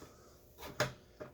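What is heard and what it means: The plastic water-flow outlet nozzle of the filter on a Top Fin Dazzle 3-gallon aquarium is pulled out of its seat in the filter housing so it can be repositioned. A soft scrape is followed by a single sharp pop at 0.8 s, then a quieter knock near 1.2 s. The nozzle is released from its seat.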